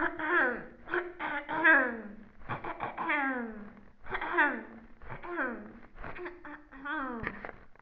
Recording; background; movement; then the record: throat clearing; quiet; sitting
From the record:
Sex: female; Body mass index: 18.3 kg/m2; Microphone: on the chest, facing the body